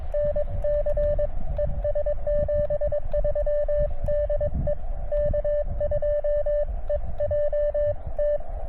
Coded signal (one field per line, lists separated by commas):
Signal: Morse code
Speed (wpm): 22 wpm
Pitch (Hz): 590 Hz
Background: radio noise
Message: NC ES 73 DE K2EJT